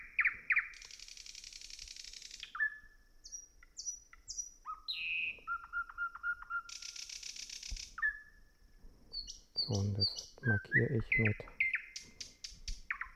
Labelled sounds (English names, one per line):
Thrush Nightingale song